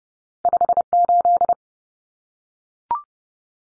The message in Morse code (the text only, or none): 58